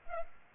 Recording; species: mosquito wingbeat signal from an infrared sensor; Aedes aegypti